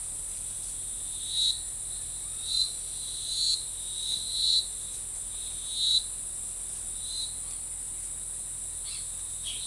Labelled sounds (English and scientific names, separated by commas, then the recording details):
none
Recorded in forest near Pivijay, Magdalena, Colombia, on 16 April 2023 at 11:00
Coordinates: 10.467, -74.380
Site Z5-G034